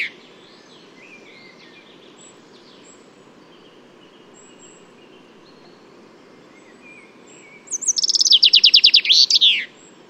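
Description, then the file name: Common chaffinch song: after faint high chirps, a bright rapid trill of many notes ending in a flourish, near the end. "Fringilla coelebs"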